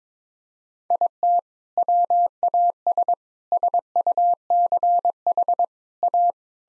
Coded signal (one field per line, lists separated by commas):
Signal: Morse code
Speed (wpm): 21 wpm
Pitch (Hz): 700 Hz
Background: none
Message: IT WAS SUCH A